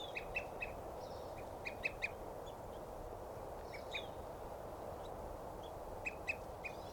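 Evening Grosbeak giving short clipped chirps in quick clusters of two or three, with a steady background hiss.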